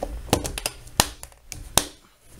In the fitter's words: you can see this closes and locks into place there